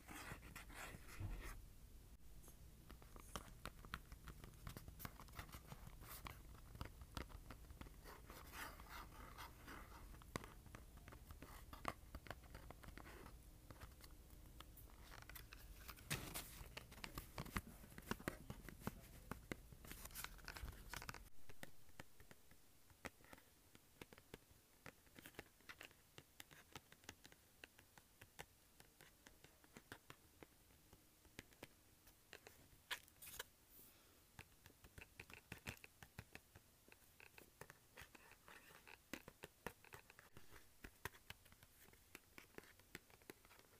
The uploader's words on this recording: ASMR Cardboard Container.